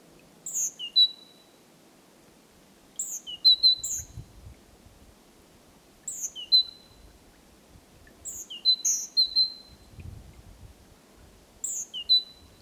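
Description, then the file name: Great tit repeating bursts of high, thin notes with a bright whistle roughly every three seconds, faint low rumbles in the background. "Parus major"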